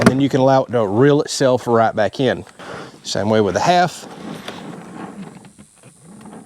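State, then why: Seated. Someone talks while hose is pulled out of a plastic retractable garden hose reel, a Vevor, the 1/2-inch version, until the internal ratchet on the reel drum catches and holds. A single sharp click at 4.5 s marks the reel lock seating, followed by quieter rustling as the hose rests.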